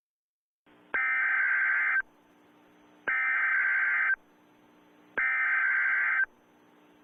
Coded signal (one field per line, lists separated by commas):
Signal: Emergency Alert System (SAME) tones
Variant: header bursts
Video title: EAS Scenario - Double Trouble